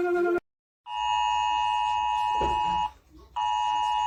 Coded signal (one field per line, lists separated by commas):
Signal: Emergency Alert System (SAME) tones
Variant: 853 and 960 Hz attention tone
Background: speech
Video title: Rating Eas Alarms (Sorry if u think this is bad)